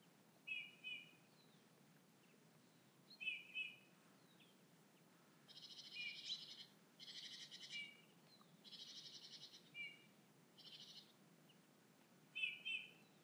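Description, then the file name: Eurasian bullfinch calls: soft, low piping whistles, often paired, recurring every few seconds, with harsher buzzy phrases in the middle section. "Pyrrhula pyrrhula"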